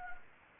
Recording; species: mosquito wingbeat signal from an infrared sensor; Anopheles gambiae